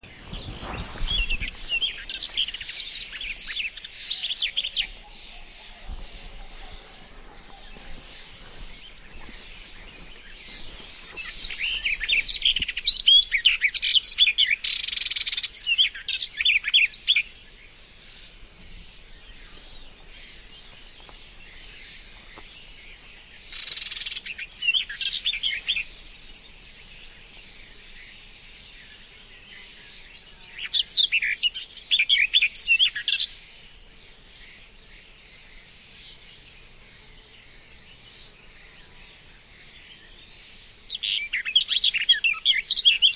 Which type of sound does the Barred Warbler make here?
song